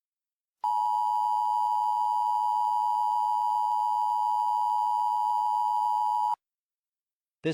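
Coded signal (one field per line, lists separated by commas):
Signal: Emergency Alert System (SAME) tones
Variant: 853 and 960 Hz attention tone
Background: speech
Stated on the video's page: Simulated mock alert with live voice.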